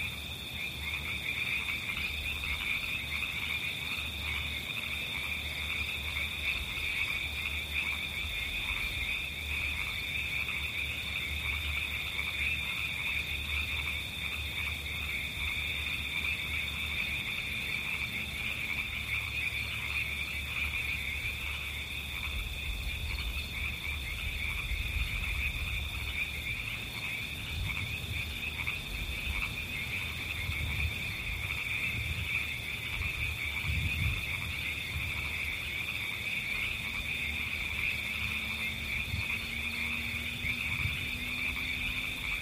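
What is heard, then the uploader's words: River frogs call in a dense, steady chorus of bright trills over a constant hiss, with faint low rumbles and occasional deeper croaks. 90 Minutes with River Frogs and White noise.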